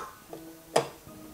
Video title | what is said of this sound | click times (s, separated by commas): HOW TO BUILD A PC IN 2020!! | don't know if you can hear that but you can literally hear a click sound there | 0.8 s